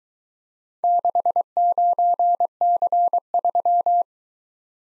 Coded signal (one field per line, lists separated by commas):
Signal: Morse code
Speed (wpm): 23 wpm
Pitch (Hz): 700 Hz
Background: none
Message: 69C3